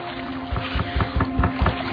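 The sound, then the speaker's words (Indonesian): A series of about six dull, thudding knocks on a door, heard while soaking in a hot spring bath, fairly evenly spaced, rising out of a steady low hum and watery background noise. “Tiba-tiba aku dikagetkan dengan suara ketukan pintu.”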